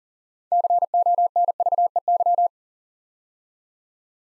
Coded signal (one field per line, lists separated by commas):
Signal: Morse code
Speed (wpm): 42 wpm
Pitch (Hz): 700 Hz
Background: none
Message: CONVEY